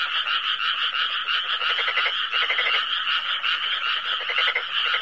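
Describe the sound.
Frogs croaking in a dense chorus, rapid pulsed rattling calls overlapping continuously, with repeated bursts of faster pulses; no other sounds stand out.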